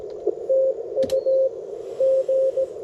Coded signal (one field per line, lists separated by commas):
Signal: Morse code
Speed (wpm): 22 wpm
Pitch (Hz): 530 Hz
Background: none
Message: TU G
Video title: Yaesu FT-710 CW and SSB POTA Activation